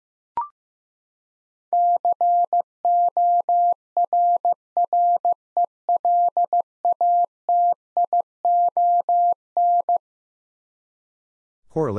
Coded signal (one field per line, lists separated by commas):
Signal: Morse code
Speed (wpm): 15 wpm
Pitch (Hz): 700 Hz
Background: none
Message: CORRELATION